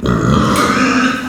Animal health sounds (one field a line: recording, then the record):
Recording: squeal of a Yucatan mini pig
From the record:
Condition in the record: after surgery on the right vocal fold (resection and tissue-engineered implant)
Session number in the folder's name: 9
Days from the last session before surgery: 65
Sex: female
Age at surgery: 19 weeks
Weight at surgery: 25 kg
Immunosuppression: prednisolone